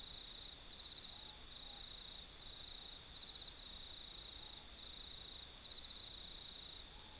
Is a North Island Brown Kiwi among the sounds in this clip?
no